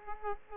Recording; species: mosquito wingbeat signal from an infrared sensor; Culex pipiens